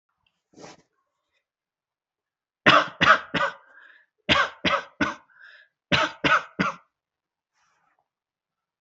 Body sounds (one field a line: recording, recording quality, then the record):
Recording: shallow voluntary cough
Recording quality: excellent, no background noise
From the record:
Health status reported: healthy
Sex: male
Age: 23 years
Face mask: not worn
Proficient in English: yes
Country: India